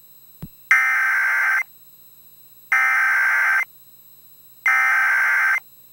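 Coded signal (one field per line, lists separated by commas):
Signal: Emergency Alert System (SAME) tones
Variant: header bursts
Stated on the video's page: Alert from NOAA Weather Radio station KHB 32.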